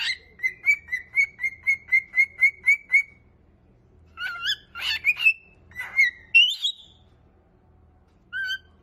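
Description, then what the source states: Cockatiel vocalising: a rapid train of about a dozen identical short whistled notes, then a burst of harsher squawky calls and rising whistles, ending with one lone note. Several cockatiels singing, whistling.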